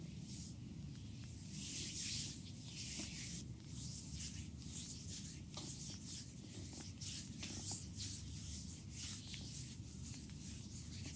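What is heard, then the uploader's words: A neck massage: continuous soft rubbing with a low rumble beneath, and bright hissing strokes recurring every second or so throughout. ASMR neck massage by Olga. Sports technique.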